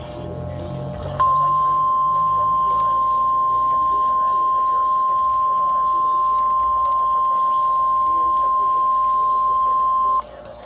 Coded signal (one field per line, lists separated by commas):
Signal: Emergency Alert System (SAME) tones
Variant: 1050 Hz attention tone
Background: speech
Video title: EAS/NWR Alert or message #331: 28th Severe Thunderstorm Warning